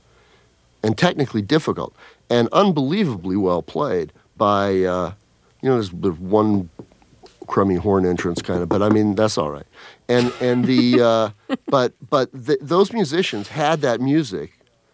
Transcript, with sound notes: and technically difficult and unbelievably well-played by - you know, there's one crummy horn entrance kind of. But, I mean, that's all right.
(Laughter).
But those musicians had that music.